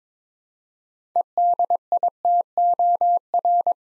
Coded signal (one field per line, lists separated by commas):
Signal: Morse code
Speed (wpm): 22 wpm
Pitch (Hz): 700 Hz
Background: none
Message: EDITOR